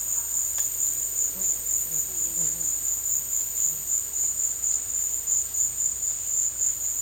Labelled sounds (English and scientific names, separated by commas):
none